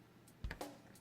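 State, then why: Seated. A plastic wing of a Star Wars TIE Fighter toy space fighter is lined up with the notch in the hull and pushed on, with a soft thump at 0.4 s before a sharp click at 0.5 s. A further knock follows at 0.6 s, and the wing is seated and reattached.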